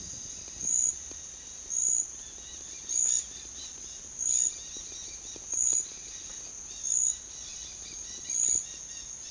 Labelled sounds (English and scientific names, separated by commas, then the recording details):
Dusky-headed Parakeet (Aratinga weddellii)
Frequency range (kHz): Dusky-headed Parakeet (Aratinga weddellii) 1.3-7.3 kHz
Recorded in pastures near Puerto Asís, Putumayo, Colombia, on 29 June 2025 at 10:00
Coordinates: 0.502, -76.324
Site G010